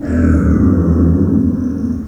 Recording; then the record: squeal of a Yucatan mini pig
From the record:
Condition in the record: after surgery on the right vocal fold (resection and tissue-engineered implant); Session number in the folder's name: 7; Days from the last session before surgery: 47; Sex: female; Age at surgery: 19 weeks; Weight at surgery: 25 kg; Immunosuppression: prednisolone